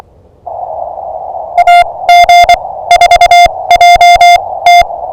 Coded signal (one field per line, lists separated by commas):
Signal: Morse code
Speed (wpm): 24 wpm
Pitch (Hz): 700 Hz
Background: music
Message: AG4JT